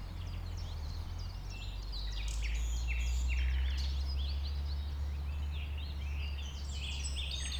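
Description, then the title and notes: Common nightingale song: bursts of rapid repeated buzzy notes and quick whistled slurs over a steady low rumble. Nightingale settled with a few others on the banks of a stream forming a pond, 1500 m from the A20 motorway; recorded around 8 am, Sunday 12 April. "Un Rossignol Envers Et Contre Tout. un rossignol venu avec quelques autres s'installer sur les rives d'un ruisseau formant un étang à 1500 mètres de l'A 20. Ces moments ont été enregistrés vers 8h le dimanche 12 avril"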